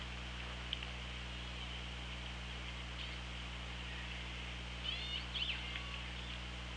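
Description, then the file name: Orca calls: a brief cluster of high, wavering whistled tones near the end, with a lower steady tone, over constant underwater hiss and hum. Hydrophone, 24 August 2017, 17:31. "Orca Lab"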